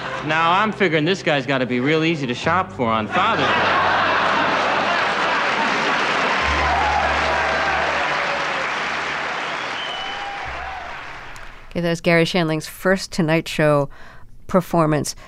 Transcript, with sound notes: Now I'm figuring this guy's got to be real easy to shop for on Father's Day.
(LAUGHTER, APPLAUSE)
OK. That was Garry Shandling's first "Tonight Show" performance.